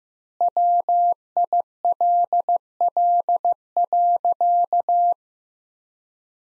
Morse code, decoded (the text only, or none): WILL.